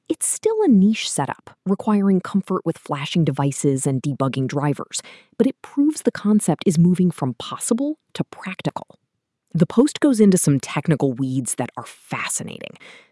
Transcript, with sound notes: It’s still a niche setup, requiring comfort with flashing devices and debugging drivers, but it proves the concept is moving from ‘possible’ to ‘practical’.
[with emphasis] The post goes into some technical weeds that are fascinating.